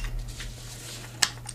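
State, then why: Seated. A CPU cooler push-pin is pressed down into a motherboard mounting hole while fixing the cooler to the board after thermal paste has been applied. After quiet handling noise, a sharp click at 1.2 s marks the push-pin seating, followed by a fainter tick at 1.5 s. The push-pin is seated.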